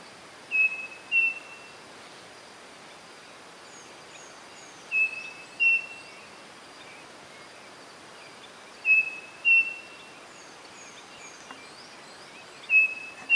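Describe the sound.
Bird calls: paired short whistled notes near the same pitch, repeated about every four seconds, with faint high chirps between them.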